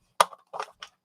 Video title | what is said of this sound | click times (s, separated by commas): Swatching Renesans Watercolors: tips and template | then you click this you kind of hear it locks into place so it's not going to go anywhere | 0.2 s